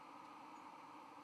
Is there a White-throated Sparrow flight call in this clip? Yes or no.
no